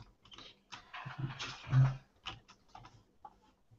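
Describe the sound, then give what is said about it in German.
Irregular bursts of computer keyboard typing and mouse clicks while browsing an online forum, crisp little taps clustering and pausing with a couple of heavier thuds in the middle, and no voices. “Ach, dieses Forum, ich klicke immer auf den Benutzer statt auf den.”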